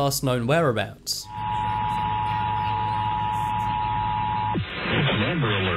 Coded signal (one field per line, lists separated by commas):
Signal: Emergency Alert System (SAME) tones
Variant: 853 and 960 Hz attention tone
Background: speech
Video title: 10 Scary Emergency Alerts Seen on TV